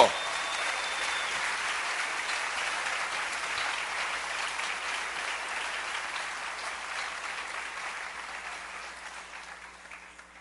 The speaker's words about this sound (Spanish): Dale un aplauso al Rey bendito.